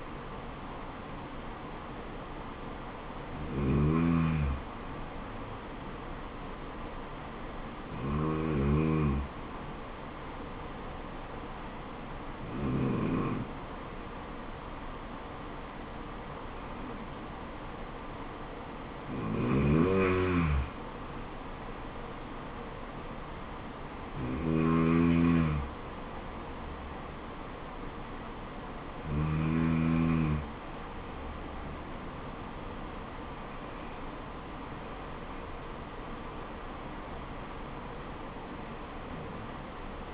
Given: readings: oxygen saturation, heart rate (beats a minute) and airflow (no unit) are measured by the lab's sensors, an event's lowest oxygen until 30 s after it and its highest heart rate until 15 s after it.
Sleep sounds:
breathing in sleep by a voice recorder at the bedside; none
none scored
From the record:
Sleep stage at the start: N2 (light sleep); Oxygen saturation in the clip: 92 to 94%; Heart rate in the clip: 66 to 76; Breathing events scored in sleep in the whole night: 426 in 7.4 hours asleep

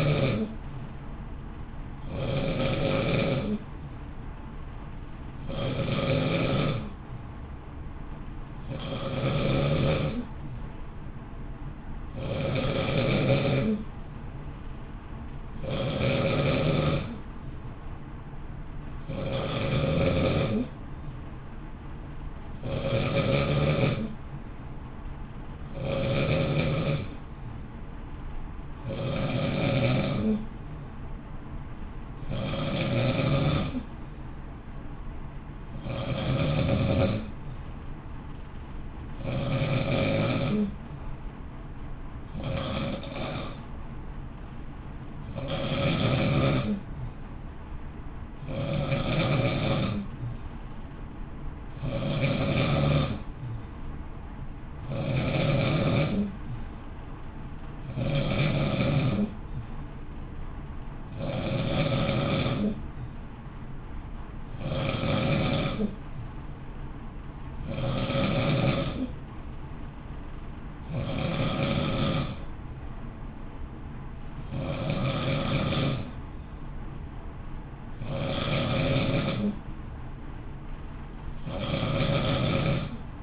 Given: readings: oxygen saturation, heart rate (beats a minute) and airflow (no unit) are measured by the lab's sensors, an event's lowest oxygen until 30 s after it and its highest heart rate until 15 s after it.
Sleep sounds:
breathing in sleep by a smartphone at the bedside; none
none scored
From the record:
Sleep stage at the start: N2 (light sleep); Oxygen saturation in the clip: 91 to 92%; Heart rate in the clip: 55 to 60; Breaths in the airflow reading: 27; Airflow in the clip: -0.7 to 0.7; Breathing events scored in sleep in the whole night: 328 in 6.3 hours asleep

